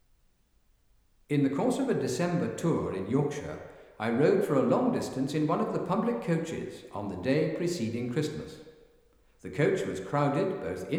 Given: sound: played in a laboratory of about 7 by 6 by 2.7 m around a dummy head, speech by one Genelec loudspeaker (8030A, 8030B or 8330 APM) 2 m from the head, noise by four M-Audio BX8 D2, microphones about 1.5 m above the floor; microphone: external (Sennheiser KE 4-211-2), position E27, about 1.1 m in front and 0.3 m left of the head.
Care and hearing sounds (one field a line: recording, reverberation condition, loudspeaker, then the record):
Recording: male speech in English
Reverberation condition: high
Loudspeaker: 30 degrees to the left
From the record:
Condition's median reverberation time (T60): about 1300 ms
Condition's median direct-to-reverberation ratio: about -4.0 dB